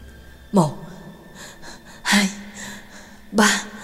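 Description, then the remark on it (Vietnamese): Three loud, sharp gasping breaths from a person in a room, each a sudden noisy intake that trails into a strained, voiced tone, spaced about 1.5 seconds apart over a quiet background. “Trong không gian chỉ còn lại tiếng thở gấp gáp nặng nề của Nhạc Dương.”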